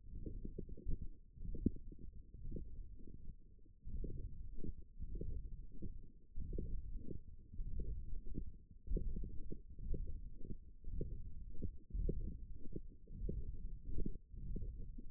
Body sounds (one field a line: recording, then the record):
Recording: forearm muscle sounds (acoustic myography)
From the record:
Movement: hook grip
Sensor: system 1, eight BSWA MPA416 microphones around the upper forearm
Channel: 7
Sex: male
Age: 21 years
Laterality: right